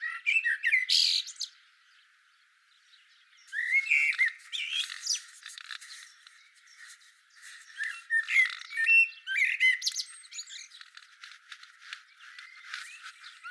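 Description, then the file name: Eurasian blackbird singing rich warbled phrases with shrill squeaky flourishes, resuming after a short silence. "Turdus merula"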